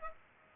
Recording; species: mosquito wingbeat signal from an infrared sensor; Aedes aegypti